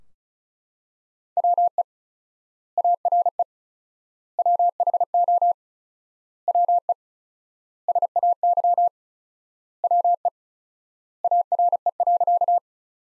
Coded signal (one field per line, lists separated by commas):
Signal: Morse code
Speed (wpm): 36 wpm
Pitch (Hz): 700 Hz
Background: none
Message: WE ARE WHO WE SAY WE ARE.